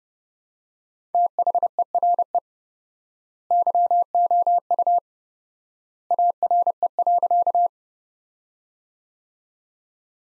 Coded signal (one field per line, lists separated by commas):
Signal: Morse code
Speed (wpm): 30 wpm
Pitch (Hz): 700 Hz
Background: none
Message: THERE YOU ARE.